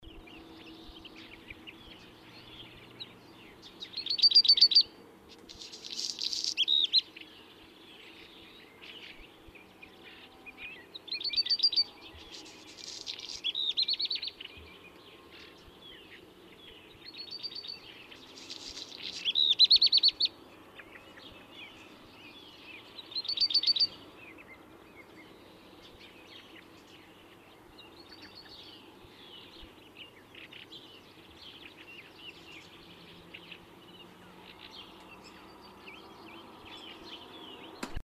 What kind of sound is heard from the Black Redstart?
song